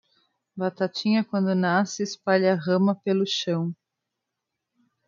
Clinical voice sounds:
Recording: short text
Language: Brazilian Portuguese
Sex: female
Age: 30 to 39 years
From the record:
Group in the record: control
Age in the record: 39 years

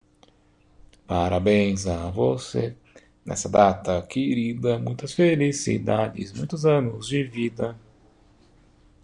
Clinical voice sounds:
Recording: short text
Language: Brazilian Portuguese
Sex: male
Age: 30 to 39 years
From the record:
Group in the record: control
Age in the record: 37 years

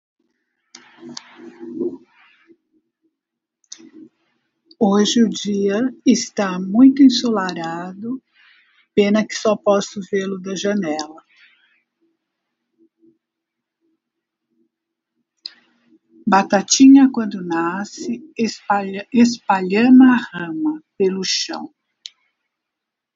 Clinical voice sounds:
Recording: short text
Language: Brazilian Portuguese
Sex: female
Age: 60 to 69 years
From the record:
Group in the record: control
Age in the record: 64 years

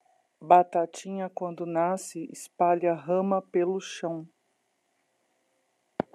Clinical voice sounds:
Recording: short text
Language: Brazilian Portuguese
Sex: female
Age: 50 to 59 years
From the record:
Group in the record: control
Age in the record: 55 years

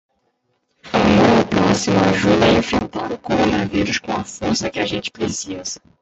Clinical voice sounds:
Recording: spoken sentence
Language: Brazilian Portuguese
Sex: male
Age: 18 to 19 years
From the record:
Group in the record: control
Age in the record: 18 years

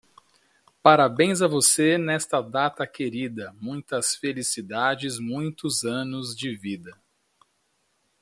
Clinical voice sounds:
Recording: short text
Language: Brazilian Portuguese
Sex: male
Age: 30 to 39 years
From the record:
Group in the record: control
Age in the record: 39 years

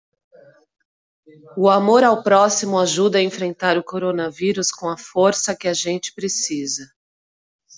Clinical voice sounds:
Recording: spoken sentence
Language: Brazilian Portuguese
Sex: female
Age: 40 to 49 years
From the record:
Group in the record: control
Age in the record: 45 years

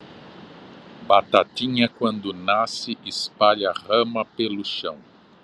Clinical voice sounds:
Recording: short text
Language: Brazilian Portuguese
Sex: male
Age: 70 to 79 years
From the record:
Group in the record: control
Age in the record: 70 years

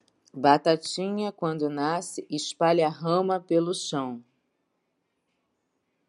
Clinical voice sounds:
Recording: short text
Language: Brazilian Portuguese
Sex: female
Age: 50 to 59 years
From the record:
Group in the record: control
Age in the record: 51 years

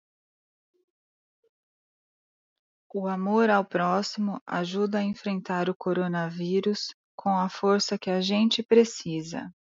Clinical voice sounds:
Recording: spoken sentence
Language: Brazilian Portuguese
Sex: female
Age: 30 to 39 years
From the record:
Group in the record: control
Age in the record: 39 years

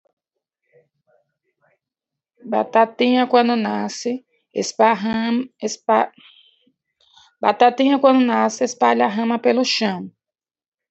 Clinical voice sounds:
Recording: short text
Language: Brazilian Portuguese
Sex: female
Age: 40 to 49 years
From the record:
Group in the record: control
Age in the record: 44 years

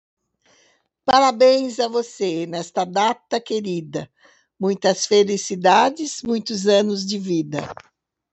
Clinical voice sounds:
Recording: short text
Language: Brazilian Portuguese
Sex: female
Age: 70 to 79 years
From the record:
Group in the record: control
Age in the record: 70 years

